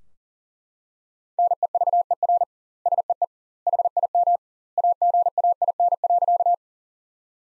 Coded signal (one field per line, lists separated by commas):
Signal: Morse code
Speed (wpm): 37 wpm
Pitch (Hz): 700 Hz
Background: none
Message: NEVER SEE HIM AGAIN.